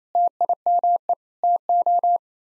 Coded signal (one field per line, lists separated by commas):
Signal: Morse code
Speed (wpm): 28 wpm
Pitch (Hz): 700 Hz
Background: none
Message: TIME TO